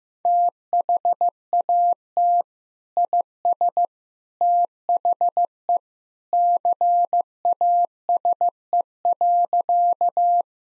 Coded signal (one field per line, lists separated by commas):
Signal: Morse code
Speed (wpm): 15 wpm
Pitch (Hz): 700 Hz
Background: none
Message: THAT IS THE CASE.